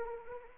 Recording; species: mosquito wingbeat signal from an infrared sensor; Anopheles arabiensis